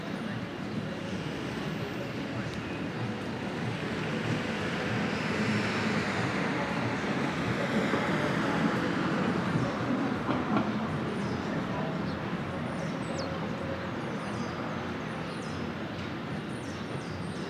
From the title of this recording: Brooklyn Morning